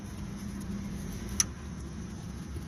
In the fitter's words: Hear that snap in?